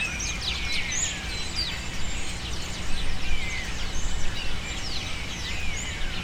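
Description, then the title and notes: Flocking birds scream continuously, many high, quick, descending squeals layered over one another, swelling in loudness midway, above low constant noise. Birds using cypress trees in the recordist's city as a refuge, screaming without stopping, especially in the afternoon. "Pájaros En La Fábrica. Muchos de los cipreses de mi ciudad se han convertido en el refugio de pájaros que, sobretodo por la tarde, gritan sin parar"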